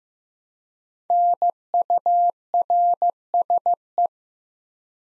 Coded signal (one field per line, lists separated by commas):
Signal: Morse code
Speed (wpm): 15 wpm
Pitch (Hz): 700 Hz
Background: none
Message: NURSE